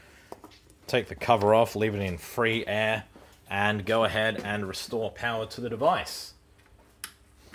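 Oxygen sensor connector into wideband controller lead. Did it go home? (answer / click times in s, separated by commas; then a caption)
yes / 0.3 s. A wideband oxygen sensor's plastic wiring connector is pushed into the controller's sensor lead and seats with a click at 0.3 s. Someone then talks, and a sharp tick follows near the end of the clip.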